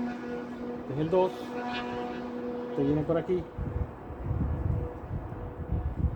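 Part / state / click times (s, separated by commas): ignition wire boot onto outboard spark plug / not seated / none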